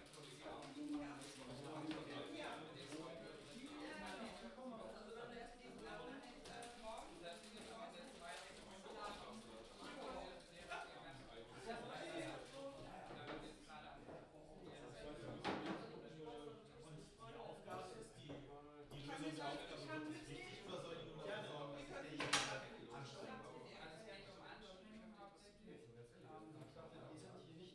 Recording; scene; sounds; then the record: everyday scene through a hearing-aid microphone; many people talking; many voices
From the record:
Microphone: in the ear canal, left